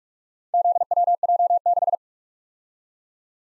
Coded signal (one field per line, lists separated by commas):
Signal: Morse code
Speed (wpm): 46 wpm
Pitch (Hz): 700 Hz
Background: none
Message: ZWJ6